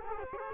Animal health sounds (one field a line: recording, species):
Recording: mosquito wingbeat signal from an infrared sensor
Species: Culex quinquefasciatus